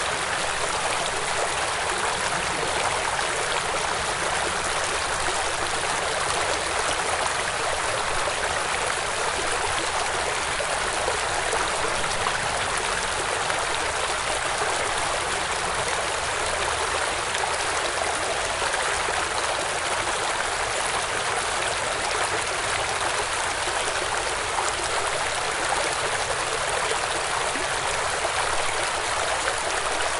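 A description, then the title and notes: A creek flows steadily, its water a dense, hissing rush that barely changes over the whole stretch. The sound sits mostly in the bright, airy range with little low rumble, and no other sounds break through. White Noise Creek Sounds. Gentle flowing water. Tranquil creek.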